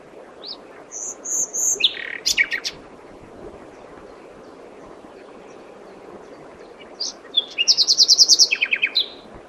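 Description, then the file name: Common nightingale song: two phrases of high whistles and repeated rattling notes, separated by a few seconds of quiet, the second a fast trill. "Luscinia megarhynchos"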